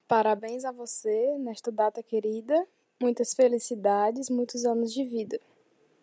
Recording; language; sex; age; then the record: short text; Brazilian Portuguese; female; 20 to 29 years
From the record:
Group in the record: control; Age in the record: 24 years